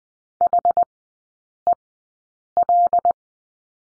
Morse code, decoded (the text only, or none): HEL